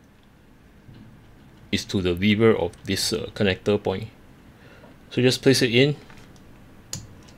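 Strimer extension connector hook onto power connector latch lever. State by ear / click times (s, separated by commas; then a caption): seated / 6.9 s. Someone talks as the hook of a Lian Li Strimer Wireless extension connector is placed over the latch lever of a power connector and pressed in. A single loud, sharp click at 6.9 s shows the connector has seated.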